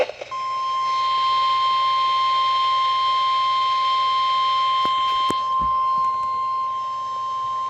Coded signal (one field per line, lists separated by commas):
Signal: Emergency Alert System (SAME) tones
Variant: 1050 Hz attention tone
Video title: EAS #28 Tornado Warning for Linn County, Iowa